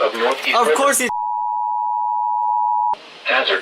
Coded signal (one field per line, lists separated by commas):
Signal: Emergency Alert System (SAME) tones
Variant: 853 and 960 Hz attention tone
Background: speech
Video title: ABSOLUTE SOLVER CHAOS… The Extreme storms experience… EAS Alerts from 6/19/25 (EAS #143-205)